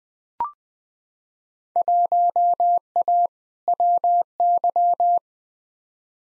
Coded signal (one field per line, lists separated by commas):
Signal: Morse code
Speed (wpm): 21 wpm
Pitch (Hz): 700 Hz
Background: none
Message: 1A WY